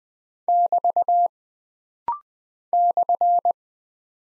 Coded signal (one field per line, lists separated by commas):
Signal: Morse code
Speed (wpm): 20 wpm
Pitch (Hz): 700 Hz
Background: none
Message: <BT> /